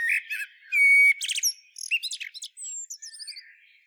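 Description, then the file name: Common blackbird: a mix of short whistled notes, a sustained flat whistle and rapid chattering twitters, all high-pitched and uneven in rhythm. "Turdus merula"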